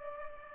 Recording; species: mosquito wingbeat signal from an infrared sensor; Culex pipiens